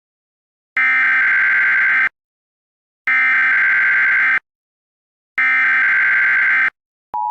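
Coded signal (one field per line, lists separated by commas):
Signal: Emergency Alert System (SAME) tones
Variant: header bursts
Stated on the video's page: Fictional alert scenario about a hurricane striking southern Florida.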